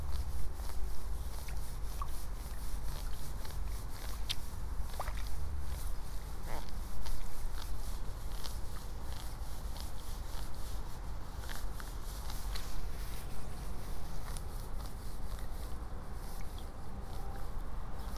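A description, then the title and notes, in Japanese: Someone works in a flooded rice seedbed in the morning, pulling seedlings one by one. Short wet clicks and splashy pops come often and irregularly over a steady low hum, with a few brief chirps around five to seven seconds. イネの苗取り。朝から水苗代に入って、一本一本苗を取っています。片手握りいっぱいになったら、ワラで束にします。今日も鳥たち元気。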